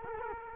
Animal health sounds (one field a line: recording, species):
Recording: mosquito wingbeat signal from an infrared sensor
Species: Culex quinquefasciatus